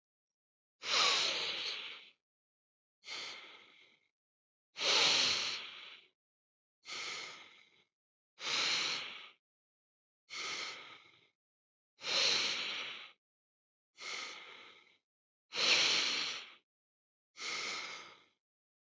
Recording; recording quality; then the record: deep breathing; excellent, no background noise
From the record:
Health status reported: healthy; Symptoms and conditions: none ticked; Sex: male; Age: 34 years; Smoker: not ticked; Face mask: not worn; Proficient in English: yes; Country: India